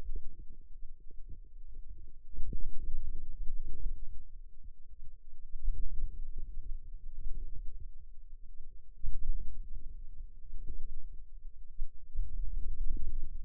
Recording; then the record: forearm muscle sounds (acoustic myography)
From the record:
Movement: outward rotation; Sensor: system 2, bracelet of six BSWA MPA416 microphones around the upper forearm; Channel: 1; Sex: female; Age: 21 years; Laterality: right